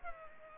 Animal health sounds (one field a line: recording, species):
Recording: mosquito wingbeat signal from an infrared sensor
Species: Culex pipiens